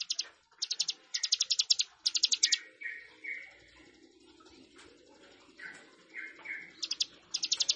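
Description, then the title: Plain prinia delivering repeated short bursts of rapid, rattling buzzy notes, with softer lower notes between bursts over steady background noise. "Ciblek Sawah"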